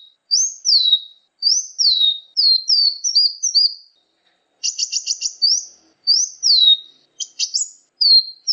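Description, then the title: Sunbird chirping: high, clean downslurred chirps repeated in quick runs, broken by short buzzy rattling bursts, with brief pauses between series. "kicau kolibri"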